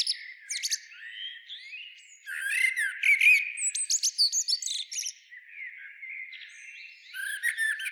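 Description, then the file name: Eurasian blackbird producing irregular squeaks, clicks and short slurred whistles, loudest in a busy stretch midway, then softer before a final burst. "Turdus merula"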